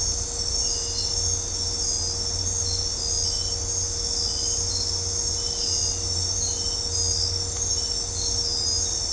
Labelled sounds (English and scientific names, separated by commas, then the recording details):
none
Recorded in dense forest near Puerto Asís, Putumayo, Colombia, on 20 December 2024 at 21:30
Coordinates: 0.503, -76.323
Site G043